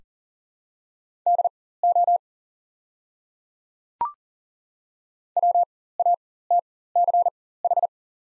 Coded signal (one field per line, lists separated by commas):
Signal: Morse code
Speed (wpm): 40 wpm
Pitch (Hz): 700 Hz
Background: none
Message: DO WATCH